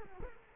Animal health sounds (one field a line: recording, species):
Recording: mosquito wingbeat signal from an infrared sensor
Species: Culex quinquefasciatus